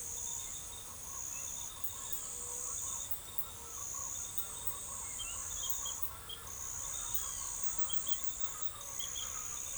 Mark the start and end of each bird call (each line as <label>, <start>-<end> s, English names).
Chestnut-winged Chachalaca, 0.16-9.77 s